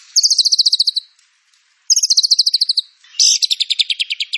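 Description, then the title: White-rumped shama song made of three fast, dry high trills separated by short pauses. Used as a lure to prompt singing; full fill-in training material for teaching song. "PANCINGAN MURAI BATU. MURAI BATU FULL MATERI ISIAN"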